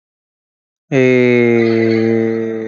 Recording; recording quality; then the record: sustained vowel as in made; excellent, no background noise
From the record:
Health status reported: healthy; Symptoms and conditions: none ticked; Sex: male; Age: 35 years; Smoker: not ticked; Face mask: not worn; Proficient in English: yes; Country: India